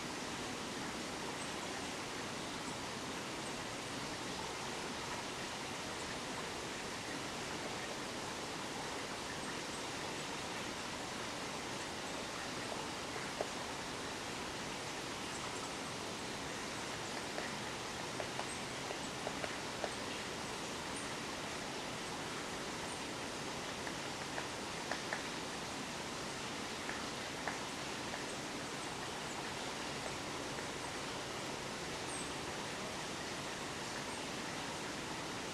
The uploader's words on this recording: Late afternoon on the Sanitorium Path. In the 'Healing Forest' around Paimio Sanatorium, Finland, Alvar and Aino Aalto's architectural masterpiece, a woodpecker works away near a babbling brook. Recorded by Julian Weaver.